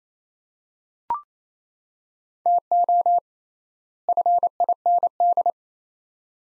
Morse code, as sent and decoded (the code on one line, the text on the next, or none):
- --- / ..-. .. -. -..
TO FIND